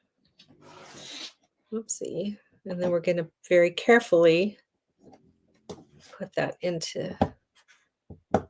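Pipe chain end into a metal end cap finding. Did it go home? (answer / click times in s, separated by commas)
yes / 8.4 s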